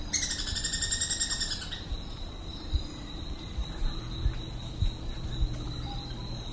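Sepia-capped flycatcher delivers one fast rattling trill, harsh and evenly pulsed for nearly two seconds, then a continuous high-pitched insect hum with faint ticks.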